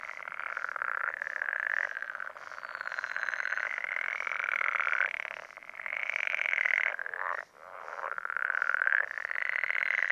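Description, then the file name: Pool frog: almost continuous rattling chorus of pool frogs, rapid pulsed croaks overlapping for the whole stretch, dipping only briefly before resuming. "life dviete. pelophylax lessonae"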